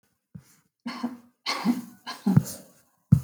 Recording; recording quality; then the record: shallow voluntary cough; excellent, no background noise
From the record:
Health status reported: healthy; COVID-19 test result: not tested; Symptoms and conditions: none ticked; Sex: female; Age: 38 years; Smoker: not ticked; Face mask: not worn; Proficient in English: yes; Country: India